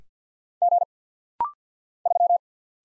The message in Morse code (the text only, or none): G 3